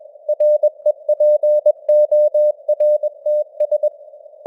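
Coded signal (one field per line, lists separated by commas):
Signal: Morse code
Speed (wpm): 21 wpm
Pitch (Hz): 600 Hz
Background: none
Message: REPORTS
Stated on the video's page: Simulated radio news headlines in Morse code at 21 wpm, with simulated noise and varying signal strength (QSB).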